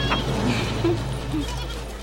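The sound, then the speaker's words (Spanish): Goats bleat a few times in short wavering calls over a steady low rumble and busy crowd murmur of an outdoor market. “Asenet, la hija de Pentéfres, camina por el mercado.”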